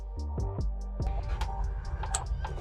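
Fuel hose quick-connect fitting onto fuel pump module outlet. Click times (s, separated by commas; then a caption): 2.1 s. A fuel hose quick-connect fitting is pushed onto the fuel pump assembly outlet of a 1997–2001 Honda Prelude. Over steady background music with evenly spaced beats, a sharp, loud click at 2.2 s marks the connector latching on and seating.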